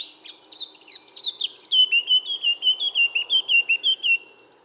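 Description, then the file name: Eurasian blackcap song: hurried chattering notes that slide into a loud, clear, fluty series of repeated whistles, falling slightly in pitch. "Sylvia atricapilla"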